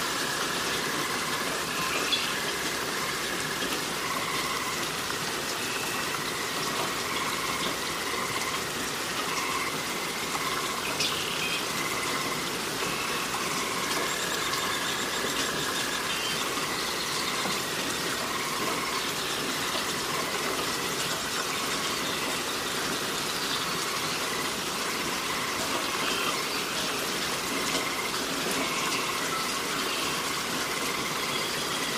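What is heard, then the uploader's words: Steady rain hisses through a forest, a dense, even wash that holds the same level for the whole half minute. A thin, wavering chirring sits in the middle register throughout, and there is almost no low rumble underneath. Relaxing Rain Sounds & Forest Ambience - White Noise.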